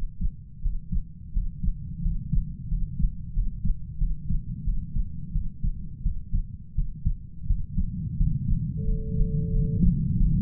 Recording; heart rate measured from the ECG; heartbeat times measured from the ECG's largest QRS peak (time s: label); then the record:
heart sounds by stethoscope; 88 bpm
0.62 s: heartbeat
1.33 s: heartbeat
2.02 s: heartbeat
2.68 s: heartbeat
3.33 s: heartbeat
3.98 s: heartbeat
4.64 s: heartbeat
5.32 s: heartbeat
6.03 s: heartbeat
6.75 s: heartbeat
7.46 s: heartbeat
8.17 s: heartbeat
8.85 s: heartbeat
9.51 s: heartbeat
10.17 s: heartbeat
From the record:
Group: healthy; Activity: rest 0-8 s, breath hold 8-10 s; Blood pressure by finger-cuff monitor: 120/81 mmHg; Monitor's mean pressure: 92 mmHg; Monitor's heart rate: 86 bpm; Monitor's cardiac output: 7.2 L/min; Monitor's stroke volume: 84 mL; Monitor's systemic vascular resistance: 930 dyn s/cm5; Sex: male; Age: 33 years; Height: 179 cm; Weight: 80.4 kg